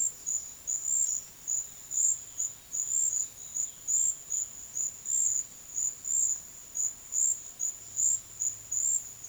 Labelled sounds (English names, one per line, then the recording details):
none
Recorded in secondary vegetation near Puerto Asís, Putumayo, Colombia, on 24 June 2025 at 11:00
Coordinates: 0.500, -76.326
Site GP08